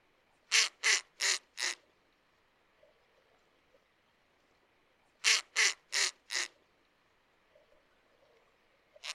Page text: Harfang des neiges - Zoo de Bordeaux Pessac